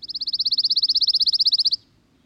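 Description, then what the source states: Pine Warbler song: a sweet, even trill of many rapid, identical high notes, slightly rising in loudness at first, lasting under two seconds, then silence. Song described as a sweet-sounding trill of about 2 seconds.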